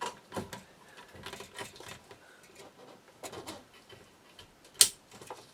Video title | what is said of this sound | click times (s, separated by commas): Q5 Fuel Leak Fix for $40! | click and snapped in place beautiful | 4.8 s